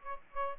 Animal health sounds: mosquito wingbeat signal from an infrared sensor; Aedes aegypti

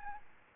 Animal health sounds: mosquito wingbeat signal from an infrared sensor; Aedes albopictus

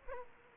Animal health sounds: mosquito wingbeat signal from an infrared sensor; Aedes aegypti

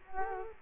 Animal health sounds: mosquito wingbeat signal from an infrared sensor; Culex quinquefasciatus

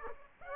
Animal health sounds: mosquito wingbeat signal from an infrared sensor; Aedes aegypti

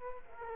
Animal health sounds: mosquito wingbeat signal from an infrared sensor; Culex quinquefasciatus

